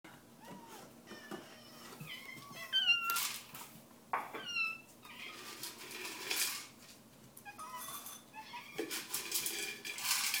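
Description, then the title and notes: Cats give short, high, sliding meows and chirps among loud clattering and scraping sounds. Several cats calling together in the morning. "Morning cat choir by Bougie"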